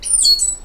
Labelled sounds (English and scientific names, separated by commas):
Stitchbird (Notiomystis cincta) song